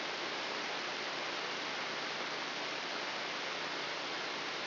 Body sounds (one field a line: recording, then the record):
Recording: brain microelectrode recording played as sound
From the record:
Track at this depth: inside the subthalamic nucleus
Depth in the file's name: 3.108 mm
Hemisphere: left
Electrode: 3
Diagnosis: Parkinson's disease